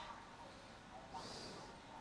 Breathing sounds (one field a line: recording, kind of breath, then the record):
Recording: one breath in and out by a microphone near the nose and mouth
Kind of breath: normal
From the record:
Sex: male